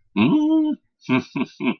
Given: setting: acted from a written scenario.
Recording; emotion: vocal sound without words; positive surprise